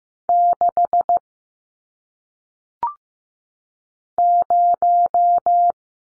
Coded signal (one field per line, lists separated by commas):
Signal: Morse code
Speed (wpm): 15 wpm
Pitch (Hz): 700 Hz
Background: none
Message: 6 0